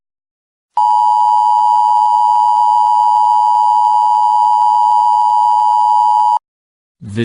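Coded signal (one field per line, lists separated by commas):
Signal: Emergency Alert System (SAME) tones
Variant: 853 and 960 Hz attention tone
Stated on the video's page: Fictional mock alert based on SCP-610, a contagious parasitic organism; a preview version.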